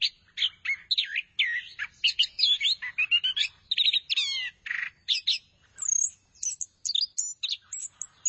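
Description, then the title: Thrush song: a rapid, varied run of high whistled and chirping phrases with sharp, slurred notes and short pauses, continuing throughout without other clear sounds. "burung anis x"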